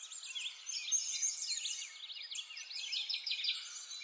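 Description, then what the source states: Birds calling in a tight chorus of quick downward and upward chirps, overlapping so densely that no single singer stands out. Forest ambience.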